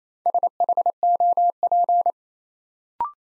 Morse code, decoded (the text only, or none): SHOP